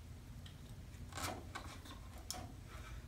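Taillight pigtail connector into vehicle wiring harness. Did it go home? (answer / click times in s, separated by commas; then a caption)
no / none. The bottom LED taillight pigtail plug on a 2012 Ford F-150 is handled against the truck's lower wiring harness connector, a keyed plastic plug that only goes in one way. Soft handling and rubbing noises are heard over a low hum, with brief ticks at about 0.5, 1.6 and 2.3 seconds. Nothing has seated or clicked in yet.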